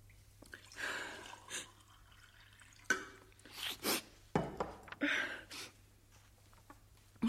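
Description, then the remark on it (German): Water is poured into a glass for a witness in a courtroom in several short splashing bursts, with gurgles and drips between them over a low steady hum. “Gerichtsdiener, geben Sie der Zeugin ein Glas Wasser.”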